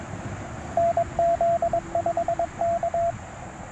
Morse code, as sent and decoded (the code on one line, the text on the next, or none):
-. --.. ..... -.-
NZ5K